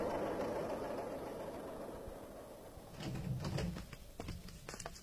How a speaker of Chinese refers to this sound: 803临窗而立，凝视着土公路上扬起烟尘奔驶而过的载货卡车和手扶拖拉机。